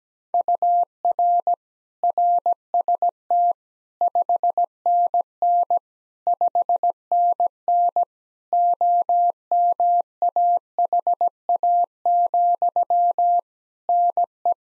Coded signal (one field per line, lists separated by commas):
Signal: Morse code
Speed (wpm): 17 wpm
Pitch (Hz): 700 Hz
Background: none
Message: UR RST 5NN 5NN OMAHA, NE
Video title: Practice QSO - Exchange 1- Beginning - 17wpm